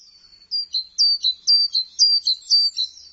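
Bird giving quick repeated high chirps that slide downward, paired notes roughly twice a second, clean and without other sounds.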